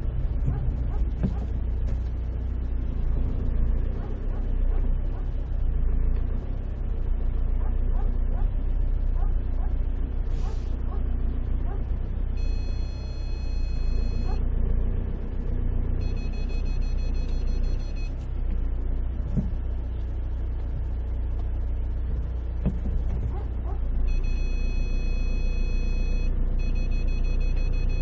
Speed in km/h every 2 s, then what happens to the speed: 0, 0, 2, 3, 2, 2, 0, 0, 0, 0, 0, 0, 0, 0.
0-28 standing.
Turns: none.